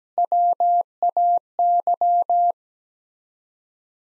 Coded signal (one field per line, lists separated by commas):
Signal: Morse code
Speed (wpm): 17 wpm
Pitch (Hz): 700 Hz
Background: none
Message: WAY